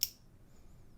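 Someone pushes in the titanium frame-lock bar of a small folding keychain knife and brings the blade down to close it. The blade snaps shut with a single sharp click at 0.0 s, followed by quiet low background noise. The blade locks in place.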